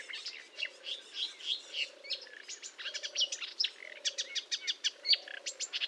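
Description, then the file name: Marsh warbler giving a softer, dense stream of varied chirps and trills, while a low, wavering note repeats beneath it about once a second. Recorded at Fourneau, Fontaine-Française, France, on 1 June 2022 at 10:55, using Nagra recorder and Telinga equipment. "Rousserolle verderolle 1055 Fontaine-Francaise-Fourneau"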